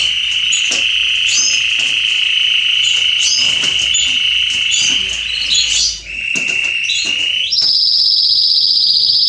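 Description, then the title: Canary song: a long steady rolling trill with scattered chips above, then a short lower trill and a rise to a high rapid trill. Male Belgian canary singing a lot, used to warm up and train young canaries. "Canary Training 17 Esquente Seu Filhote E Canario Belga Em 30 Minutos Macho Cantando Muito. CANTO DO CANRIO"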